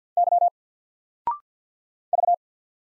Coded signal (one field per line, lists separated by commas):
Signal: Morse code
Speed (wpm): 48 wpm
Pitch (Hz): 700 Hz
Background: none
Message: Y V